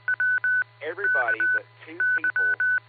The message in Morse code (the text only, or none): WKY